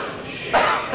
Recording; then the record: coughing mixed with background sound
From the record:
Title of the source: Heavy cold and sore throat coughing.